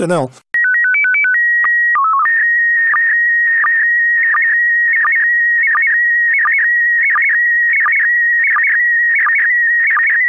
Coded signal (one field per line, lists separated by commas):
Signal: SSTV (slow-scan television)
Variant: PD 90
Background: speech